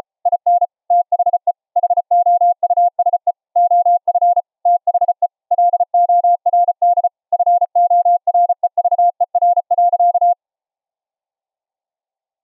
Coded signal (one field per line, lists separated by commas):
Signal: Morse code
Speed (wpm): 34 wpm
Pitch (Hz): 700 Hz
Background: none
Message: IN THE HOUSE OF THE LORD FOREVER.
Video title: 700hz ELF passive EMF CW RECEIVER - using a double tuned Ferrite Rod/Bobbin Core antenna